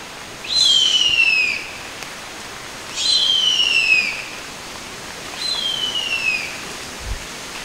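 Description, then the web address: Harpy eagle giving thin, high whistled screams that slide downward, three calls about every two and a half seconds over a steady hiss. "sound Harpy-eagle. صدای-عقاب-هارپی"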